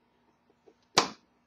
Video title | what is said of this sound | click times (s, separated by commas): Memilih Kabel Tanah yg sudah ditemukan - Cable Identifiyer - Cable ID - HV Diagnostic | hear the click I know the connection is firm | 1.0 s